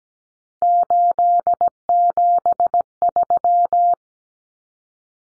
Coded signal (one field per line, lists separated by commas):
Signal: Morse code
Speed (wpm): 17 wpm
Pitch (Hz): 700 Hz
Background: none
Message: 873